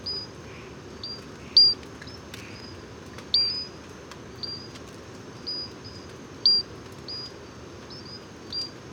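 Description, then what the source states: Pinchon's robber frog, a series of crisp, high, glassy notes with a short sliding start, over a quiet hiss. 10 November 2018, Moscou, heights of Gourbeyre, Guadeloupe, edge of national park, 736 m; persistent rain; tiny tree frog that also sings by day; small crystal-like note, easily taken for an insect.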